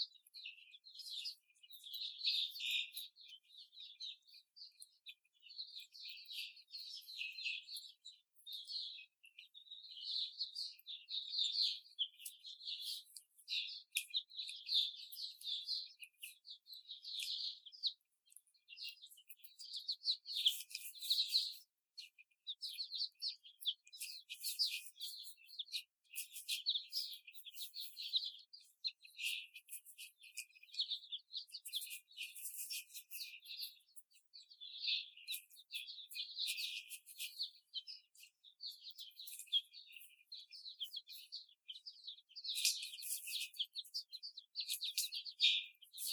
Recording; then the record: young laying hens in a cage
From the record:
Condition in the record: before the stressor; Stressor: simulated dog barking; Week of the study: 4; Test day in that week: 2